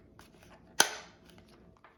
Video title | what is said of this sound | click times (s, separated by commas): WLPREOE Phone Chest Mount Harness & Head Strap for All Phones - #contentcreator #amazon #phonemount | you just take one of the clips and it drops right in and snaps right in so you know that | 0.8 s